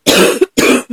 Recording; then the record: coughing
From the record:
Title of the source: 60 coughing still (deep and wet cough)